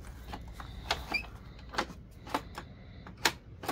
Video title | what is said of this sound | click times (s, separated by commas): Bissell PowerPartner 800 Vacuum Quick Unboxing & Acquisition (3511-5) | Well, now it doesn't click anymore. | none